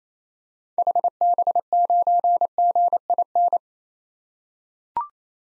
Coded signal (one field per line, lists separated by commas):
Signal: Morse code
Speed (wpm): 28 wpm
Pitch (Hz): 700 Hz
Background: none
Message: HB9GIN